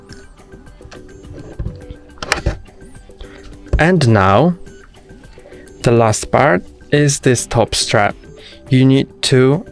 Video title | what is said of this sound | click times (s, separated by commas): How to Put On the Head Strap for Meta Quest 3S | until it clicks as well | 2.3 s